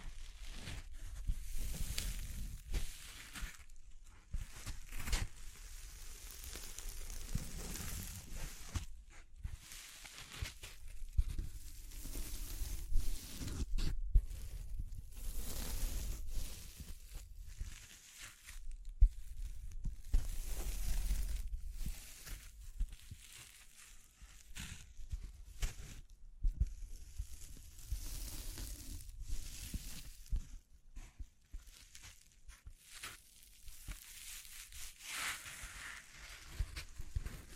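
Tapping, scratching, brushing and crinkling sounds run through the whole clip in dense, irregular bursts. Rough papery crinkles and scrapes dominate, broken by sharp taps and brief pauses, with a soft low rumble underneath. Activity thins and quiets somewhat after about thirty seconds.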